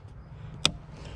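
While the interior of a flood-damaged 2013 Hyundai Sonata is being reinstalled, a plastic interior trim clip is pushed up from the bottom onto its car body panel mount. A single sharp, loud snap at 0.65 s, bright across the upper frequencies, stands out over a quiet low background hum. The clip is seated in place.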